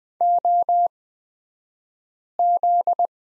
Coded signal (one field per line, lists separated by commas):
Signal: Morse code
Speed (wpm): 20 wpm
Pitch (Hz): 700 Hz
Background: none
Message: OZ